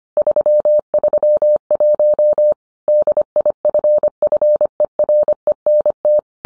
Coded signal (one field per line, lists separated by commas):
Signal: Morse code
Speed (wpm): 25 wpm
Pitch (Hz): 600 Hz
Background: none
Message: 331 DIFFERENT